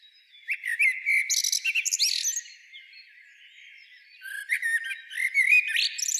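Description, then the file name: Common blackbird song: two warbling phrases mixing mellow low whistles with thin, high-pitched twitters. "Turdus merula"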